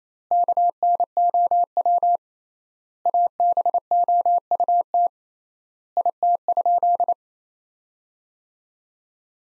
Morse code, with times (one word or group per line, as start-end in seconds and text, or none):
0.3-2.2 KNOW
3.1-5.1 ABOUT
6.0-7.1 IT?